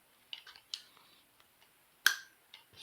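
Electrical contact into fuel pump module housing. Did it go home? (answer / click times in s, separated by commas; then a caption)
yes / 2.1 s. An electrical contact is pressed into its seat in the plastic fuel pump module housing of a Honda Fit Shuttle / Fit / Jazz during filter replacement. A few light clicks and ticks come first, at 0.3 and 0.7 s. A sharp, bright snap at 2.1 s marks the contact seating, and it then stays in place.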